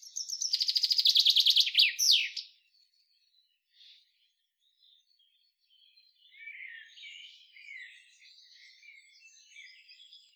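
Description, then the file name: Common chaffinch song at the start, a fast trill with an emphatic ending, followed by quieter twittering and chirps. "Fringilla coelebs"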